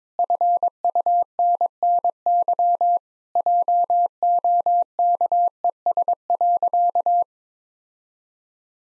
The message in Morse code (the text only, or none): FUNNY JOKES.